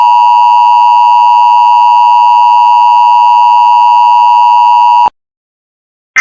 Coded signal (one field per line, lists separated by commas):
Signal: Emergency Alert System (SAME) tones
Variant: 853 and 960 Hz attention tone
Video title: Week of 03/15/2026 EAS Capture 732-753